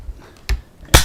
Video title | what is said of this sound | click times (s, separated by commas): Mosin Nagant m44.. CHARGE! | swing it up and it'll lock into place | 1.0 s